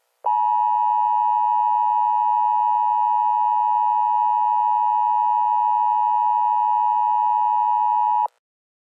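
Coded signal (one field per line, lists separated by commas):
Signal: Emergency Alert System (SAME) tones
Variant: 853 and 960 Hz attention tone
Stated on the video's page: Fictional tornado scenario, simulated alert.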